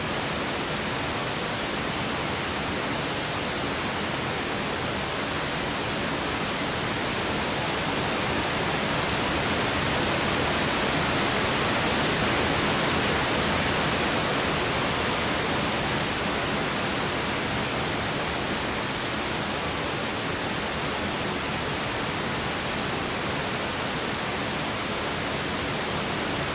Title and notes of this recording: Calm Pink Noise. Pink noise; which has a deeper tone